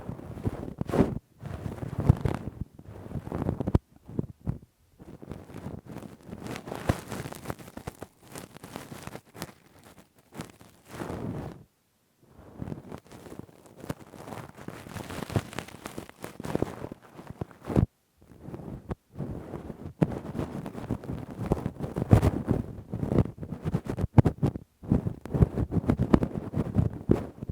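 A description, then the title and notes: Rough, deep ear cleaning with a Q-tip and ear pick, heard as dense scratching and rubbing that crackles in quick irregular strokes. The scraping comes in bursts broken by short silences, near 1, 4, 12 and 18 seconds, with a low muffled rumble beneath. Intense Rough Deep Ear Cleaning w Q-tip, Ear Pick. (No Talking).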